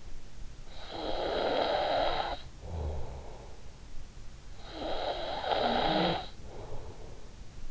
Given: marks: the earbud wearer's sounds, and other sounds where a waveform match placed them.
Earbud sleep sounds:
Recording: sounds in sleep by an in-ear microphone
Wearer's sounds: snoring breath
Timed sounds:
0.51-4.20 s: snoring breath
4.45-7.71 s: snoring breath

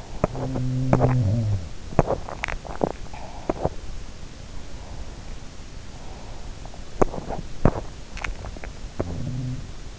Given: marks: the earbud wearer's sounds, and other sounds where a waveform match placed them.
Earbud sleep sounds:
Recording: sounds in sleep by an in-ear microphone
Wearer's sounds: teeth grinding, swallowing, breath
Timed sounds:
0.00-2.29 s: teeth grinding
0.14-1.92 s: sound from someone else or the room
2.29-3.55 s: swallowing
3.29-3.89 s: teeth grinding
4.59-6.59 s: breath
6.81-9.30 s: teeth grinding
8.74-9.93 s: sound from someone else or the room

